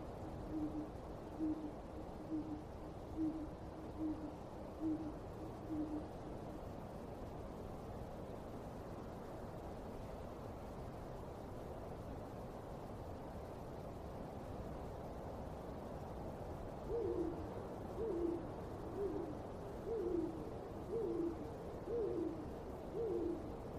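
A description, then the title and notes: Late night in a haunted cemetery, an owl hoots in a steady series of short, evenly spaced calls for the first six seconds, falls silent, then returns around seventeen seconds with quicker, paired hoots. A constant low rumble and hiss fills the background throughout. Haunted Cemetery Late at Night.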